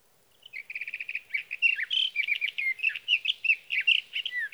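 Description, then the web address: Sage thrasher song that opens with a fast run of repeated notes, then flows into a long, hurried warble of varied slurred phrases. "birdsongforthecurious Sage Thrasher"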